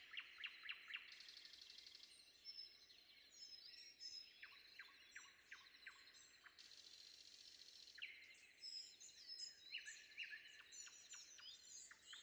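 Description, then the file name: Common nightingale singing: a fast run of clipped notes, then spaced downward strokes and varied twittering phrases. Recorded before dawn. "predawn nightingale"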